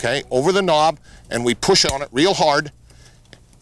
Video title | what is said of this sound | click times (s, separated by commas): Bears & Bees II | and it snaps into place snapped in here now and | 3.3 s